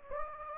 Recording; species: mosquito wingbeat signal from an infrared sensor; Anopheles gambiae